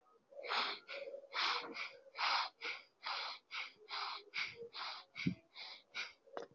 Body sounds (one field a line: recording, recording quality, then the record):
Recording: shallow breathing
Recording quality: excellent, no background noise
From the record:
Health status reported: healthy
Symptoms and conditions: hypertension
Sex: male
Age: 50 years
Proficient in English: yes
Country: India